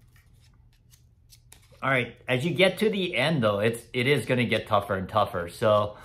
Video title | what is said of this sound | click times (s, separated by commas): Racquet Repair [Replacing Grommets & Bumpers - Part 1 of 3] | and you can hear it clicking so that's always a good thing if you can hear that sound | 1.5 s